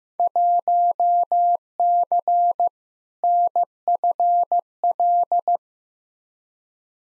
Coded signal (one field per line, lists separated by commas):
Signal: Morse code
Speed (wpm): 15 wpm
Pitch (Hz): 700 Hz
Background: none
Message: 1C NFL